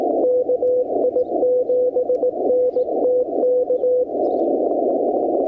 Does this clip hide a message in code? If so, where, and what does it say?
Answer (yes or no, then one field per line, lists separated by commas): yes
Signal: Morse code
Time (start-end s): 0.2-4.0 s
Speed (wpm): 17 wpm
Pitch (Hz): 500 Hz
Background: none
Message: KI7NTK